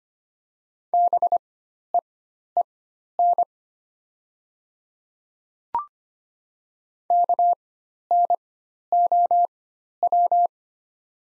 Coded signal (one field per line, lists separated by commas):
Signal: Morse code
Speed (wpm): 25 wpm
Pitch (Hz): 700 Hz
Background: none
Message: BEEN KNOW